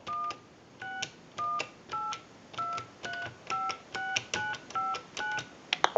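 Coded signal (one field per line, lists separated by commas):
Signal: DTMF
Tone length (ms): 210 ms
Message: 16182356959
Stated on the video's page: Touch-tone dialing from a Western Electric 2500 desk telephone under repair.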